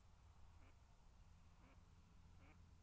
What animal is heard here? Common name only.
Mallard